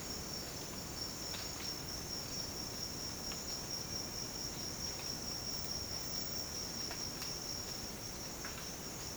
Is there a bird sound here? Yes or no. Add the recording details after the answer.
no. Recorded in dense forest near Puerto Asís, Putumayo, Colombia, on 24 March 2025 at 07:30. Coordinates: 0.481, -76.323. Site G088